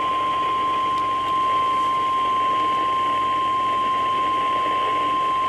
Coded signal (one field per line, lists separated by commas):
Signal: Emergency Alert System (SAME) tones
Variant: 1050 Hz attention tone